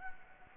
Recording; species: mosquito wingbeat signal from an infrared sensor; Anopheles arabiensis